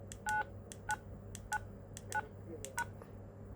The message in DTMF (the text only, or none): 9999#